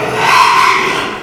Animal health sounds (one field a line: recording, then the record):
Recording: squeal of a Yucatan mini pig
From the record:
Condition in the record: after surgery on the right vocal fold (resection and tissue-engineered implant)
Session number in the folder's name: 1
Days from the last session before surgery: 6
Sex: male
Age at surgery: 12 weeks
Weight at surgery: 13 kg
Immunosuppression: cyclosporine, prednisolone